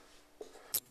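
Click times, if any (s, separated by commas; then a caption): none. A wooden magazine slider, held by rubber bands, is being set onto the magazine of a pump-action repeating crossbow pistol. A soft, low knock at about 0.4 s is followed by a sharp, bright hit at about 0.8 s against a quiet background. The slider is only being handled so far, and nothing has seated or clicked into place yet.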